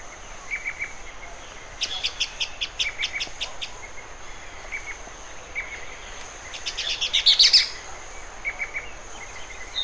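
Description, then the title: Bird chirping: short bright chips and quick clicking bursts, two fast rattled series, over a steady high-pitched whine. "LuckyPassaro Completos2Sama"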